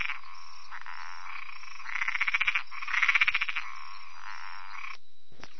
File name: Boana albopunctata